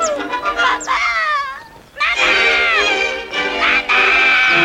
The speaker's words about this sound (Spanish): Era Drisela la que chillaba de aquella manera tan estrepitosa.